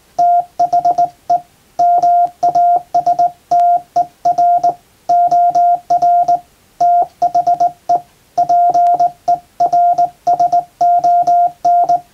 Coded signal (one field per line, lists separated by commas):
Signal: Morse code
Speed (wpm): 20 wpm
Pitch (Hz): 700 Hz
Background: none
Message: THE MASTER OR THE PERSON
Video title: プロの船舶通信士が使用した絶品の電鍵！憧れの日本無線ＪＲＣの電鍵ＫＹ－３Ａで欧文モールス電報を叩く！ morse practice using JRC straight key